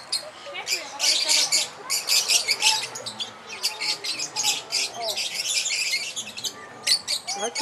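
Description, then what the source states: Lovebird giving busy, shrill chatter, with dense clusters of high squeaky notes and short pauses between the bursts. Mating call, used as a lure.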